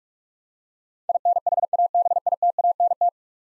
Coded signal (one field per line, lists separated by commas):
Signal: Morse code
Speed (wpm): 46 wpm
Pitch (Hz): 700 Hz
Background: none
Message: INHABITANT